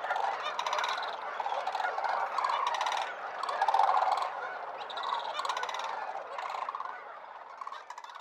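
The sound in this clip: Sandhill crane rolling, rattling bugles, many overlapping calls forming a continuous, throaty chorus.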